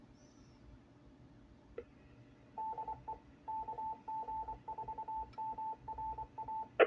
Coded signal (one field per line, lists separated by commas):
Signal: Morse code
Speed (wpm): 24 wpm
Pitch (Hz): 880 Hz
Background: none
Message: DE KG4MRA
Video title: New Hams ragchew Net September 29th 2025